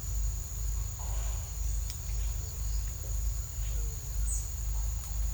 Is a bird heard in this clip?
no